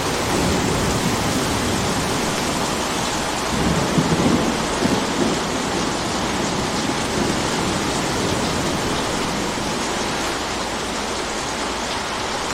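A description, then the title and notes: Rain and wind make a steady, dense hiss that fills the whole range from low rumble to bright top, with no gaps. A slightly stronger gust swells the low end between about four and five seconds, then the wash settles back to an even roar. Rain And Wind Sounds Are Music.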